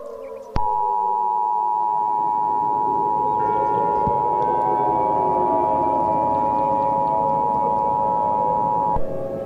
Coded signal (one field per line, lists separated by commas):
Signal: Emergency Alert System (SAME) tones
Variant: 853 and 960 Hz attention tone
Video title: EAS Mini Scenario - Nuclear Nation